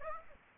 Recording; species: mosquito wingbeat signal from an infrared sensor; Aedes aegypti